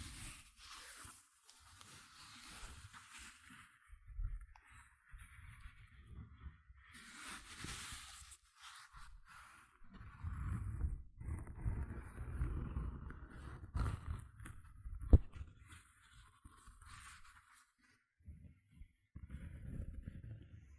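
Gentle scratching comes in soft, uneven bursts, some with a bright hissing edge early on and others mostly dull and low. Strokes cluster densely from about ten to seventeen seconds, with a single sharp tap near fifteen seconds, then thin out into quieter scrapes.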